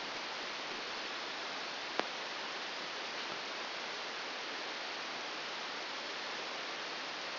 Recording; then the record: brain microelectrode recording played as sound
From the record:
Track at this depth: outside the subthalamic nucleus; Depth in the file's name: -1.509 mm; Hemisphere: right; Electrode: 2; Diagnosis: Parkinson's disease